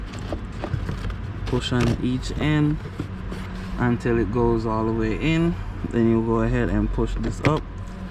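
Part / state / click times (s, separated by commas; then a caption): glove box into dashboard side stops / not seated / none. While replacing the cabin air filter on a Chevy Malibu, someone talks as the plastic glove box is handled before being pushed up into its side stops on the dashboard, with a few faint sharp taps early on over a low steady hum. Nothing has seated or clicked yet.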